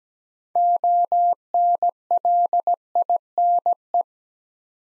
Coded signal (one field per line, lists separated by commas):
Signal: Morse code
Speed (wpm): 17 wpm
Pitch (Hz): 700 Hz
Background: none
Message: ONLINE